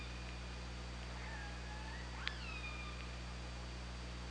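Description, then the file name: Orca calls: a level tonal call followed by a harmonic call that falls away, with a sharp click and constant low hum. Recorded on an OrcaLab hydrophone, 24 August 2017, 22:54. "Orca Lab UTLN JASON 20170824 225402"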